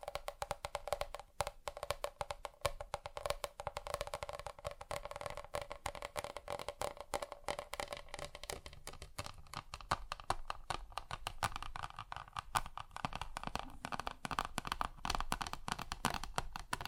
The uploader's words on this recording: ASMR Just Tapping (Different Surfaces No Talking).